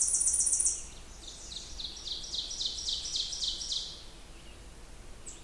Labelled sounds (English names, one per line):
Ovenbird song